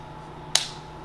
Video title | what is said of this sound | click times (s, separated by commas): Dye DSR Unboxing | grip goes back on, and then this snaps back into place, and you're ready to go. | 0.6 s